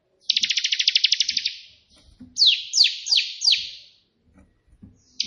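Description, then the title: Prinia song: a rapid buzzy trill, then four loud downward-sweeping notes in quick succession, and another starting at the end. Three song variations of the white prinia, suited as tutor song for pet prinias. "3 VARIASI TEMBAKAN prenjak putih ini COCOK untuk masteran prenjak anda"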